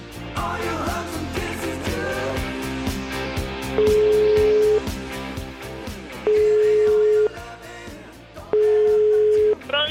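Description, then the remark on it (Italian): Three steady, mid-pitched ringback tones, each about a second long with short pauses between, sound over rhythmic background music while an outgoing phone call to a mobile phone waits to be answered. “Io una telefonatina, però, vediamo un po' se rispondo al cellulare.”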